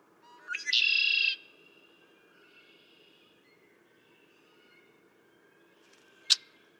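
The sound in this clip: A single red-winged blackbird song near the start, clipped notes then a raspy buzzing trill, followed by quiet and one sharp click near the end.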